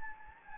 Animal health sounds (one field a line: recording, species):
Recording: mosquito wingbeat signal from an infrared sensor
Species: Anopheles gambiae